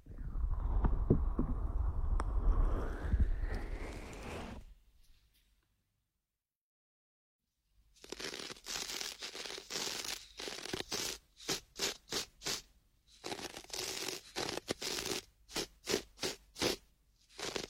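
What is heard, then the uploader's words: Ear picking sounds. A low rumbling scrape rises into a bright squeak over the first four seconds, then fades to near silence until about eight seconds. After that come dense scratching and rustling in bursts, ending in rapid, regular strokes that start and stop sharply. Delicate and high-end feeling, positive pressure, various ear picking methods.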